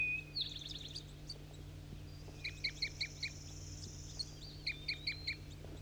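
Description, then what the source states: Crossbill calls: short, sharp chip notes given in quick runs of four to five, with a steady low hum underneath. Calls given by bird 4-3 during crossbill trapping at a net site; flock birds that had flown off seemed to be coming back in response to its calls.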